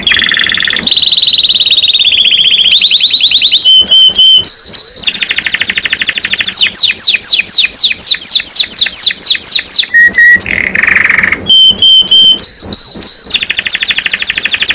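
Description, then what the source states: Domestic canary in full song, varied phrases of long steady whistles, rapid falling note series and buzzy rolls strung together without pause over fifteen seconds. Domestic canary described as gacor, singing constantly; a champion songbird, first place at a competition level.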